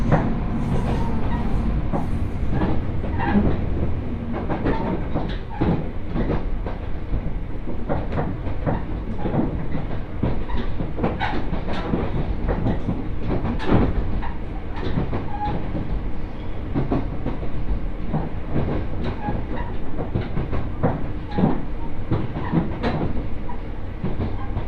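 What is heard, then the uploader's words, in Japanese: A ride aboard a Mizushima Rinkai Railway train heading from Kurashiki toward Mitsubishi Jiko-mae, with a steady low rumble throughout. Frequent sharp clicks and knocks from the wheels and carriage come at irregular intervals, never letting up over the whole stretch. 耳で楽しむ鉄道旅 水島臨海鉄道 倉敷市→三菱自工前。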